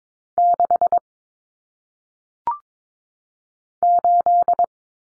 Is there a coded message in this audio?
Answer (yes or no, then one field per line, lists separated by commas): yes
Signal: Morse code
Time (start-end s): 0.4-4.6 s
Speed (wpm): 22 wpm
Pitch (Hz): 700 Hz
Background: none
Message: 6 8